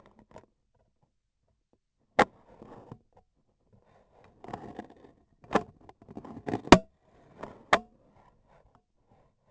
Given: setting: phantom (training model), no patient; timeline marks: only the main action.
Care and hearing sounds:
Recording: laparoscopic instrument, vibration sensor on the handle end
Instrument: scissors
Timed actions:
4.31-5.74 s: cutting foam
6.30-6.98 s: cutting foam
From the record:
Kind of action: gesture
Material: foam

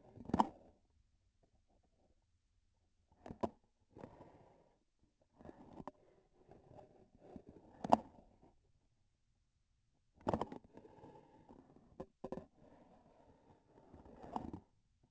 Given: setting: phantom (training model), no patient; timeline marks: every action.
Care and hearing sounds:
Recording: laparoscopic instrument, vibration sensor on the handle end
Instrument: grasping forceps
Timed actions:
0.10-0.94 s: grasping tissue
3.00-3.72 s: releasing tissue
7.61-8.21 s: grasping tissue
10.07-10.68 s: releasing tissue
14.05-14.76 s: grasping tissue
From the record:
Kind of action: gesture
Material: synthetic tissue

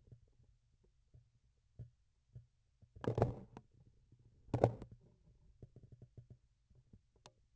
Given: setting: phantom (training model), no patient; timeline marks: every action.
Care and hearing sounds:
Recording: laparoscopic instrument, vibration sensor on the handle end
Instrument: grasping forceps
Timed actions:
2.91-3.72 s: forceps opening
4.40-4.98 s: forceps closing
From the record:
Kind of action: tool actuation without material contact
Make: other than Olympus

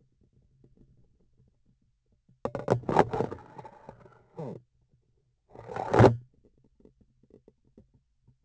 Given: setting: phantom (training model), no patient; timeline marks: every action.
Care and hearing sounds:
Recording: laparoscopic instrument, vibration sensor on the handle end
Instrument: grasping forceps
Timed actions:
2.40-4.72 s: insertion through the trocar
5.44-6.26 s: removal through the trocar
From the record:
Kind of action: spatial motion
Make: other than Olympus

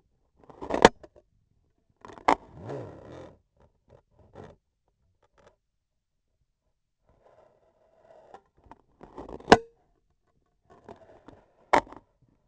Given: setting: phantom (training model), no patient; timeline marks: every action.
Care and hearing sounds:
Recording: laparoscopic instrument, vibration sensor on the handle end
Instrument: scissors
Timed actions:
0.33-0.95 s: cutting foam
1.96-2.42 s: scissors opening
8.96-9.78 s: cutting foam
11.65-12.04 s: scissors opening
From the record:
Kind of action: gesture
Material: foam

